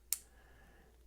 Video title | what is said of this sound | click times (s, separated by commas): Benchmade Nakamura Axis lock knife with carbon fiber scales and S90V blade steel elegant and smooth | So it really pops right in there. | 0.1 s